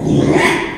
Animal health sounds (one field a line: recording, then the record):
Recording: squeal of a Yucatan mini pig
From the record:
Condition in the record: after surgery on the right vocal fold (resection and tissue-engineered implant)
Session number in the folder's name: 3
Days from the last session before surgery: 33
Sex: male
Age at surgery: 12 weeks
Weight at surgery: 13 kg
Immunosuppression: cyclosporine, prednisolone